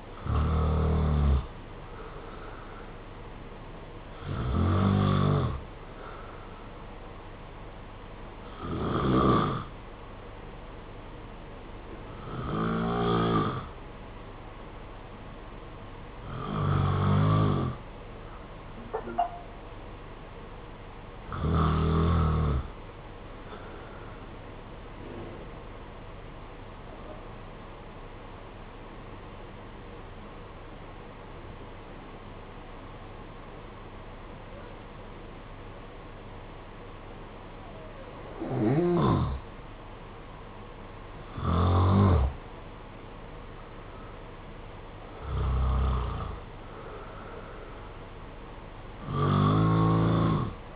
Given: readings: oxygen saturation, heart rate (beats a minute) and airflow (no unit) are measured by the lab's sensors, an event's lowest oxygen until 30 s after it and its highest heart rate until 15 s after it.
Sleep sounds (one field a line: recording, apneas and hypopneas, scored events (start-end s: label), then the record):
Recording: breathing in sleep by a voice recorder at the bedside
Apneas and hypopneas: 1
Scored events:
27.00-40.00 s: obstructive apnea (N2, oxygen 94% highest, then 88% lowest, heart rate 58 at the start, 61 highest)
From the record:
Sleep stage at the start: N2 (light sleep)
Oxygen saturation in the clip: 90 to 94%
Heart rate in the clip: 55 to 66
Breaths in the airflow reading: 11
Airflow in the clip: -7.2 to 7.0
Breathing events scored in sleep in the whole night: 476 in 9.7 hours asleep